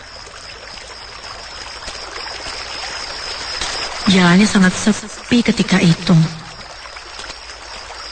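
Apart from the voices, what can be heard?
river water flowing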